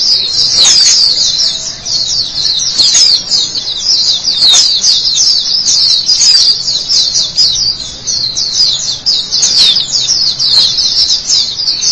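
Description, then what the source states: White-eye song: shrill, rapid chattering warble in a continuous stream, with occasional faint clicks underneath. Chirping song.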